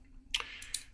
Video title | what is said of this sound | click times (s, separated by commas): Blade Talk Daily ep. 070 (8am CST -06:00GMT) Humpday hangout - best budget blades? | And the little clip just pops right back in and clicks into place and you're good to go. | 0.4 s, 0.8 s